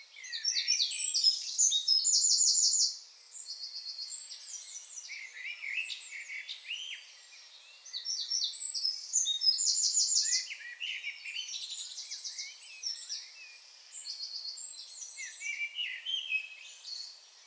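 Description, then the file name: Eurasian Wren singing a long stretch of shrill, hurried notes with repeated fast trills, rising and falling in loudness. "Troglodytes troglodytes"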